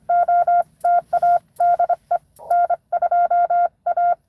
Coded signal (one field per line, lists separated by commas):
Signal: Morse code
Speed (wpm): 28 wpm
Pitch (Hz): 700 Hz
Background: none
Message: OTA DE N2A